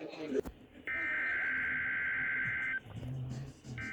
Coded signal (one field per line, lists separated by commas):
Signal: Emergency Alert System (SAME) tones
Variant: header bursts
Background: speech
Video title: 6/24/26 | Required Weekly Test | EAS#3,023-3,025